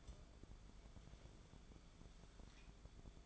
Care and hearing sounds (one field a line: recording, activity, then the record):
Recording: daily activity, microphone in the room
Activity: take from stove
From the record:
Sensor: 5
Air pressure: 1010.5 hPa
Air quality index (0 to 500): 113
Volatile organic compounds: 2 ppm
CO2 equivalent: 1115 ppm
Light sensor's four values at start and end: 601/1500/629/737 and 655/1627/685/814